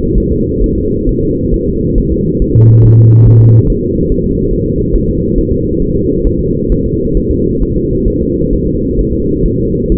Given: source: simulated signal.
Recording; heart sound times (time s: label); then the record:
fetal heart sounds
0.18 s: S1
0.32 s: S2
0.64 s: S1
0.78 s: S2
1.09 s: S1
1.23 s: S2
1.54 s: S1
1.68 s: S2
1.98 s: S1
2.12 s: S2
2.42 s: S1
2.56 s: S2
2.85 s: S1
2.99 s: S2
3.28 s: S1
3.42 s: S2
3.70 s: S1
3.84 s: S2
4.12 s: S1
4.26 s: S2
4.53 s: S1
4.67 s: S2
4.96 s: S1
5.09 s: S2
5.38 s: S1
5.52 s: S2
5.82 s: S1
5.96 s: S2
6.27 s: S1
6.41 s: S2
6.72 s: S1
6.86 s: S2
7.17 s: S1
7.31 s: S2
7.62 s: S1
7.76 s: S2
8.08 s: S1
8.22 s: S2
8.53 s: S1
8.67 s: S2
8.99 s: S1
9.13 s: S2
9.46 s: S1
9.60 s: S2
9.92 s: S1
From the record:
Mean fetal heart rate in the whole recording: 135 bpm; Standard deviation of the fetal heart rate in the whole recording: 3 bpm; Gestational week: 36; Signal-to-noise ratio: -14.7 dB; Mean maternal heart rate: 72 bpm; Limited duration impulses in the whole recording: present